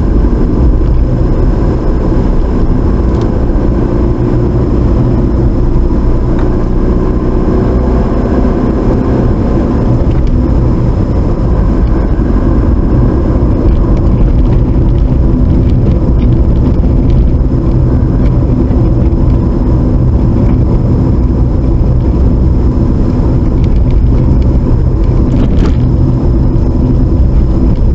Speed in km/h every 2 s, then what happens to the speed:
42, 47, 47, 48, 52, 52, 52, 52, 52, 47, 44, 42, 37, 39.
0-9 speeds up to 52. 9-15 steady at about 52. 15-28 slows to 39.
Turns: none.